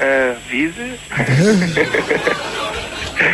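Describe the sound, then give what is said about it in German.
An electronic echo effect repeats a final spoken word, "Wesel", in a drawn-out, rising tone, followed by more voiced speech over a faint hiss. “Oh, scheiße, ein debiles Echo erwischt.”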